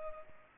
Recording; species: mosquito wingbeat signal from an infrared sensor; Culex pipiens